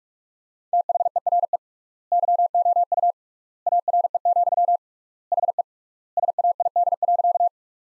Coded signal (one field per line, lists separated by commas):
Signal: Morse code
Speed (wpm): 46 wpm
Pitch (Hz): 700 Hz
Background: none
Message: THERE YOU ARE, HE SAID.